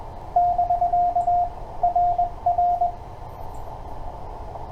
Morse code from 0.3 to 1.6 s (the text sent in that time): <BK>